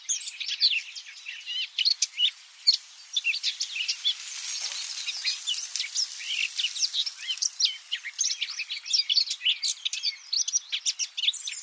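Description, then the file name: Eurasian blackcap song: a dense, fast stream of high, scratchy and warbling notes that runs almost without pause. "Sylvia atricapilla"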